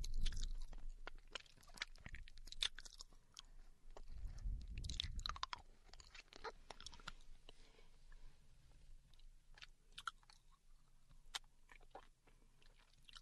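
A girlfriend eats candy, with frequent sharp crunches and clicks, heavier chewing and low thumps early, then lighter, sparser crackles later.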